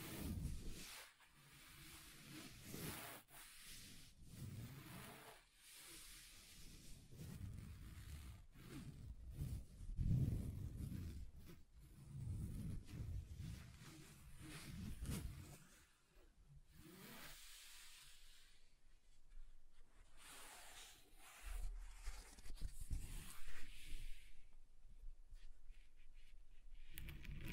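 Scratching across a table surface, with rough rubbing and scraping strokes that come in uneven bursts, broken by short pauses. The first half is dense, low and grinding; after about sixteen seconds the strokes turn thinner, scratchier and more separated, with brief quiet gaps.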